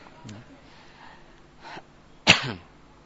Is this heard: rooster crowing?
no